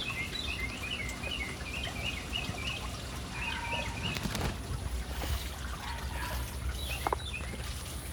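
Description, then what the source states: Bird calls in a rapid run of short repeated chips, followed by scattered single notes and a couple of sharp clicks, over continuous running water. City birds hanging around an urban fountain, with the fountain's water audible.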